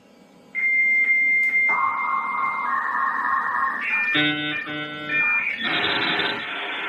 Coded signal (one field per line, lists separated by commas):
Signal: dial-up modem handshake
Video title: Dialup Computer Sound Effect Video By Me